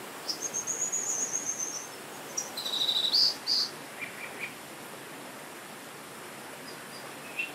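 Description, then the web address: Dipper calls: sharp, high thin notes and a brief high trill, mostly in the first half, over a steady rushing background noise. "sound Dippers. صدای-زیرآبروک"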